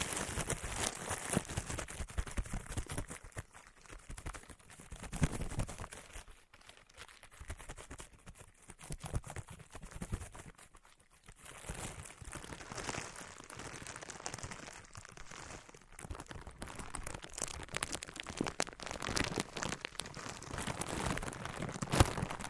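Materials like wood, cork, sponge, foam, glass and plastic are rubbed and handled in dense scratchy crinkling, with brief lulls and a sharp knock near the end.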